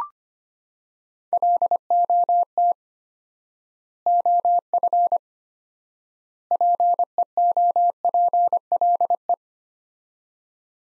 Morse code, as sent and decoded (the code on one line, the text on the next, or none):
.-.. --- - / --- ..-. / .--. . --- .--. .-.. .
LOT OF PEOPLE